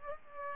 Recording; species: mosquito wingbeat signal from an infrared sensor; Culex pipiens